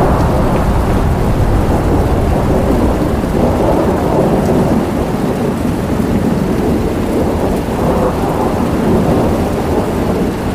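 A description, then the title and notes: Thunder and a rainstorm mix with rushing water in a thick, unbroken roar that stays loud the whole way through. Deep rumbling swells fill the low end, rising around four seconds and again near eight, while dense rain hiss sits above it. Thunder & Rainstorm with River Water Sounds.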